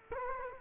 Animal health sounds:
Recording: mosquito wingbeat signal from an infrared sensor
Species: Culex quinquefasciatus

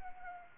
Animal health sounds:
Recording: mosquito wingbeat signal from an infrared sensor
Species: Anopheles arabiensis

